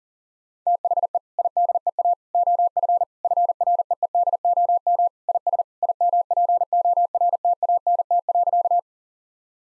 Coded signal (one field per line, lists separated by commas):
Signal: Morse code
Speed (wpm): 40 wpm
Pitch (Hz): 700 Hz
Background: none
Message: THE IDEA OF FREEDOM IS IMPORTANT.